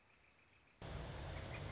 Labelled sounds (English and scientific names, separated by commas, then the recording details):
Northern Flicker (Colaptes auratus)
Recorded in Sonoma County, California